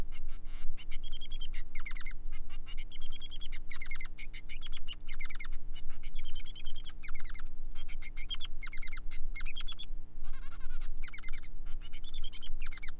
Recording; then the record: song of a male Bengalese finch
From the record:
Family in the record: son of father 3